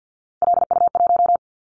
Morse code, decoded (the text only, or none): LU1